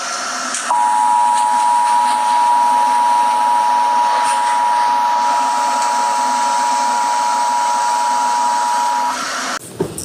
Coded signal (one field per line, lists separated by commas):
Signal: Emergency Alert System (SAME) tones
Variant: 853 and 960 Hz attention tone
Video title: EAS Tornado warning for rain 🌧️